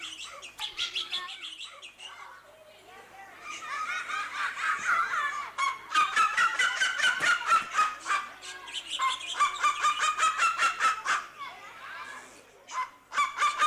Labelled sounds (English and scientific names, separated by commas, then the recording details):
Black-legged Seriema (Chunga burmeisteri) call
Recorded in captivity
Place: Zoo Berlin, Berlin, DE
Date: 2004-09-17 13:00
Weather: sunny, 19°C
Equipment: Sony WM-D6C, Sennheiser ME 80, Kopie Uher 4000 Report Monitor
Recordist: Tembrock, Günter